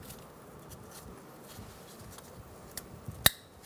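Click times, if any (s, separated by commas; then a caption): 3.3 s. The plastic electrical connector of the ABS wheel speed sensor on a 2004-2009 Mazda 3, being reconnected during front strut and spring assembly replacement, is pushed into its mating harness plug. After quiet low background noise and a small tick at 2.8 s, a sharp, bright click at 3.3 s confirms the connector is seated and fastened.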